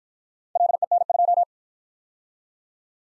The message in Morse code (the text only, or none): LEN2